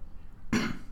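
After a quiet lead-in, an adult man gives one short, rough throat-clearing burst, close to a small cough and lasting about a quarter second, heard close up in a quiet indoor room. Nothing wet or wheezy stands out. He very likely has COVID-19.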